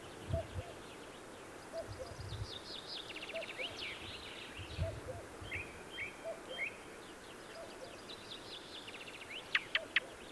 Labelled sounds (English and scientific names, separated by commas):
Ring Ouzel (Turdus torquatus) song